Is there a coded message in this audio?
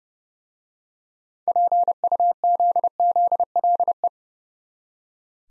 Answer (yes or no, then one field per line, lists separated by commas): yes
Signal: Morse code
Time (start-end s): 1.5-4.1 s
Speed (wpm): 30 wpm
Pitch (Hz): 700 Hz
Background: none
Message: PUZZLE